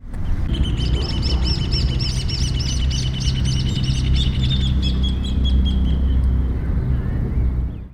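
Bird calls: a long series of high, thin chirps repeated many times, fading near the end, over a loud low rumble.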